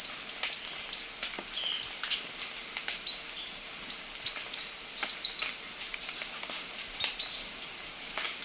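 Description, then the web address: Glistening-green tanager calling steadily: rapid, very high, thin down-slurred notes, often in quick pairs or short clusters, continuing throughout. Recorded in Ecuador. "Natures Songs S America Birds of Ecuador Glistening-green Tanager"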